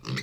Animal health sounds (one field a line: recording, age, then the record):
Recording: pig call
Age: weaner (32 to 43 days)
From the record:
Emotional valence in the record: negative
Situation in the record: long isolation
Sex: female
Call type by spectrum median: low-frequency call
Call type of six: high-frequency modulated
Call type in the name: high-frequency modulated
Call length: 0.23 s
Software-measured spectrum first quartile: 170 Hz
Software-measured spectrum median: 967 Hz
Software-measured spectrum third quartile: 2895 Hz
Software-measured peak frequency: 141 Hz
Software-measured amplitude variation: 179 dB a second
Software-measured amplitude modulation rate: 24.2 a second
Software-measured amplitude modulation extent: 7.4 dB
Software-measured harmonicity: 3.3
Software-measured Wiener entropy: -2.49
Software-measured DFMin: 795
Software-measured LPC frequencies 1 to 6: 1311, 2023, 2648, 3914, 4450, 5307 Hz